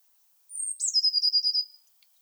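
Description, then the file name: Eurasian blue tit delivers one song: a high thin note gliding down, then a fast rolling trill of even notes lasting about a second. "Cyanistes caeruleus"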